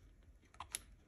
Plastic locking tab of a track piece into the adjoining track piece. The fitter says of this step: like that and now our tab goes onto the back side and locks into place there now